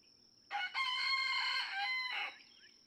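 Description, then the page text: Red junglefowl (chicken): rooster crowing, a single drawn-out harmonic crow of nearly two seconds with a brief break near its start, over low background hum. Several domestic roosters (chickens) in a barnyard, each crowing differently, just outside Mammoth Cave National Park, Kentucky, USA, June 2, 2010; illustrates that each individual has its own song. "Birdsong for the Curious Naturalist Red junglefowl (chicken) No two roosters crow alike in this Kentucky barnyard. June 2, 2010. Just outside Mammoth Cave National Park, Kentucky."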